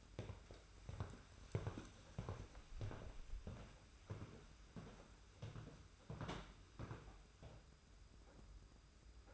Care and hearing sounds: daily activity, microphone in the room; walk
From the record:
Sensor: 2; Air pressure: 991.5 hPa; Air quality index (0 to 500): 187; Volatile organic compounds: 1000 ppm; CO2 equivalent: 6120 ppm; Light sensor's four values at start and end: 29/90/35/33 and 30/91/36/34

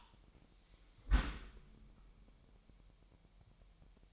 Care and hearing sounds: daily activity, microphone in the room; close dishwasher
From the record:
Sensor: 1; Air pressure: 998.4 hPa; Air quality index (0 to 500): 137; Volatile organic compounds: 4 ppm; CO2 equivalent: 1635 ppm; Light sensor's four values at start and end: 17/57/23/23 and 17/57/23/23

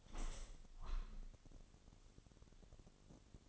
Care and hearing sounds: daily activity, microphone in the room; open window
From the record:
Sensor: 4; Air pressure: 1001.2 hPa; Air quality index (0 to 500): 176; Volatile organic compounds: 2 ppm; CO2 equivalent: 1259 ppm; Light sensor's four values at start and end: 12/27/11/12 and 12/28/11/12

